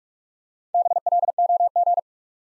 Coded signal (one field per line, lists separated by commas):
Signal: Morse code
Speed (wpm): 44 wpm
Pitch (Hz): 700 Hz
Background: none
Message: BLOG